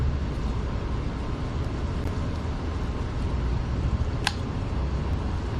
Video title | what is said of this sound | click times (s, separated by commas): DJI FIRST 360 DRONE 5 YEARS AGO #avata360 #360video #360drone #insta360 | Okay, you can hear that snap in. | 4.3 s